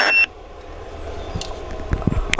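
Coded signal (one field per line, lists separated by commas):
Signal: roger beep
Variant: CB radio, 2700 Hz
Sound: one brief high beep with a burst of hiss, then near silence with faint clicks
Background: radio static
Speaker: so if i put some audio in yeah testing one two one two testing one two three i think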